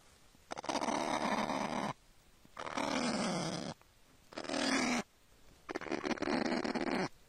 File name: canto do kakapo